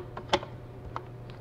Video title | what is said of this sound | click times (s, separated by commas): Omega 8004 Juicer - Overview and Demonstration | And it took me a second, but that just locks into place right there. | 0.3 s, 1.0 s